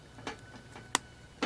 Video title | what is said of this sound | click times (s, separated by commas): XenonPro.com HID Kit Review | plug that in and that's it if it doesn't click in you can just push it down and it'll hold | 0.9 s